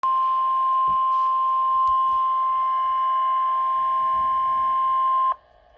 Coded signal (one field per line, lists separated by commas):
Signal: Emergency Alert System (SAME) tones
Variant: 1050 Hz attention tone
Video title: Severe Thunderstorm Warning (EAS #86)